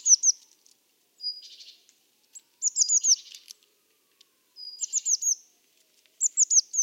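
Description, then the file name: Eurasian blue tit giving high, sharp downslurred notes in quick runs, mixed with thin whistles and a brief buzzy rattle, repeated several times. "Cyanistes caeruleus"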